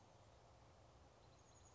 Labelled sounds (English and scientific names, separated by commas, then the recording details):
Chestnut-backed Chickadee (Poecile rufescens)
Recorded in Sonoma County, California